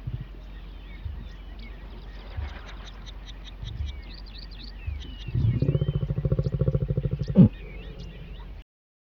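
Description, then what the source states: Lion giving deep, rapid pulsed grunts that swell into a harsh rhythmic growl for a couple of seconds, ending in a sharp burst, with birds chirping and whistling above. During mating.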